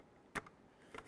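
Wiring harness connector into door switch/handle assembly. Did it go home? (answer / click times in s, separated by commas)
yes / 0.4 s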